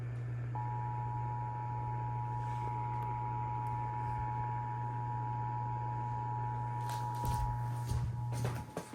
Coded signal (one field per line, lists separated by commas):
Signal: Emergency Alert System (SAME) tones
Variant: 853 and 960 Hz attention tone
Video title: TEXAS OR TENNESSEE TEST... EAS Alerts From June 2026 (EAS#6,214 - 6,250)